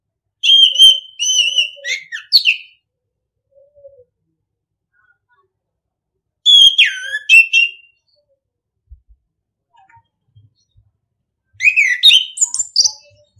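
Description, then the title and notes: Orange-headed thrush singing in three loud bursts of sweet whistled and squeaky notes, separated by long pauses; faint low notes between. Masteran (training) song in the ngeplong style. "ANIS KEMBANG NGEPLONG. Masteran Anis Kembang"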